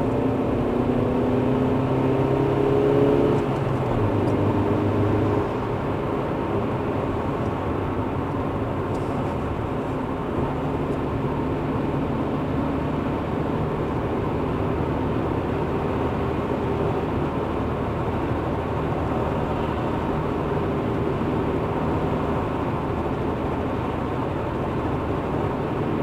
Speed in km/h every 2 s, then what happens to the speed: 78, 84, 84, 80, 77, 79, 82, 83, 82, 82, 83, 82, 81.
0-3 speeds up to 84. 3-8 slows to 77. 8-13 speeds up to 83. 13-26 steady at about 82.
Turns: none.